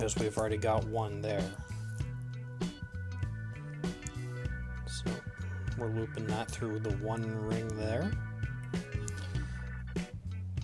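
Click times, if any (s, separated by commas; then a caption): none. A second chainmaille expansion ring is looped through a ring already in the weave and twisted shut while music plays and someone talks. The ends close without a click, and nothing has clicked or seated yet. The ring is then checked for jagged edges.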